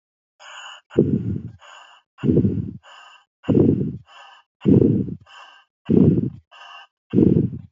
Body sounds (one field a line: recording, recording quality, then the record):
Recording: shallow breathing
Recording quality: excellent, no background noise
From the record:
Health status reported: healthy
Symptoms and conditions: none ticked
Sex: female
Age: 41 years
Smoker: not ticked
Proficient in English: yes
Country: India